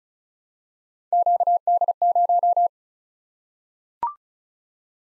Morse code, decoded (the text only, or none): QD0